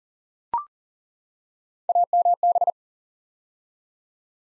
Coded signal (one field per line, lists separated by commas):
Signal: Morse code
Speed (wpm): 41 wpm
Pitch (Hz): 700 Hz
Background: none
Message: AMB